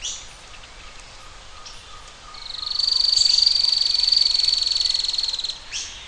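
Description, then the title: Bird trill: a long, even, rapidly pulsed buzzy trill at high pitch lasting about three seconds, preceded by a few short high notes. "LuckyPassaro Completos2Sama"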